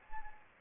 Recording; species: mosquito wingbeat signal from an infrared sensor; Anopheles arabiensis